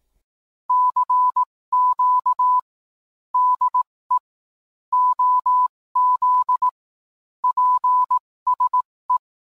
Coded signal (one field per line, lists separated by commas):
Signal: Morse code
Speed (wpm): 18 wpm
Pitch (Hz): 1000 Hz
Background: none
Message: CQ DE OZ PSE